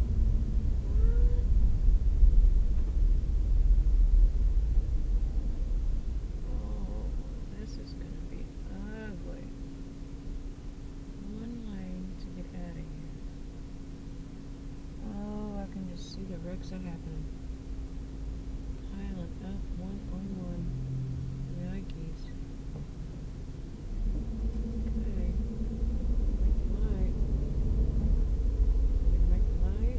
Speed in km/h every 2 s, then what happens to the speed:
16, 13, 8, 3, 0, 0, 0, 0, 0, 0, 0, 0, 8, 15, 15.
0-7 slows to 0. 7-22 standing. 22-25 pulls away to 15.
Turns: none.